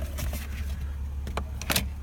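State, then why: Not seated. A plastic instrument cluster surround trim on an MX-5 is handled and pushed around its bottom edge into the car dashboard, with scattered plastic rubbing and tapping over a steady low hum, plus a pair of brief sharp knocks near 1.7 s. Nothing has seated or clicked yet; the retaining clips have not snapped into the dash.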